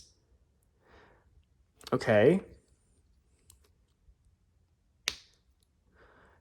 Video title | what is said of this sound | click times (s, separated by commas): Dragon Ball Z Sh Figuarts - Unboxing Frieza First Form | Now, see, that's the difference between Ginyu and Frieza. When you hear that nice snap, oh, | 5.1 s